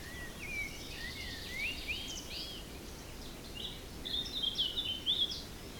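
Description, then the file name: Birds calling and singing: clear slurred whistles rising and falling, then a louder cluster of warbled notes near the end, over soft steady background noise. Forest in spring, windy at force 3 on the Beaufort scale, recorded at 1 pm. "Forest Spring Birds Windy 3 bft 1 pm"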